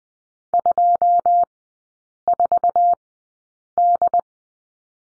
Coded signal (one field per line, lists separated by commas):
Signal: Morse code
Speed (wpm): 20 wpm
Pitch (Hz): 700 Hz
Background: none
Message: 24D